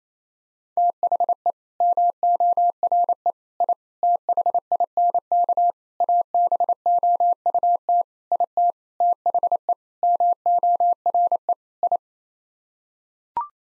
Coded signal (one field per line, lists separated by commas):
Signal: Morse code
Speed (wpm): 28 wpm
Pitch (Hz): 700 Hz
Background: none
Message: THE MORE I THINK ABOUT IT THE MORE I